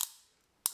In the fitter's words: clicks back in